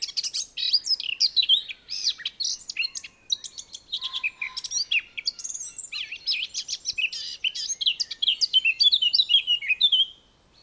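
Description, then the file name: Eurasian blackcap song: a long, dense, chattering warble of high twittering and fluty phrases with a brief pause near three seconds. It stops shortly before the end. "Sylvia atricapilla"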